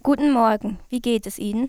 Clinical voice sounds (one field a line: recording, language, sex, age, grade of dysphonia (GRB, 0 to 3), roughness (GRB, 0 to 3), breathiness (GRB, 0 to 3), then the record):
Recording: spoken sentence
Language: German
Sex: female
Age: 18 to 19 years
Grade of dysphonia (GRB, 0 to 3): 2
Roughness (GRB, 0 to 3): 1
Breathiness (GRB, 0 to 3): 0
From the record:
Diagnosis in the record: healthy voice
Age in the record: 19 years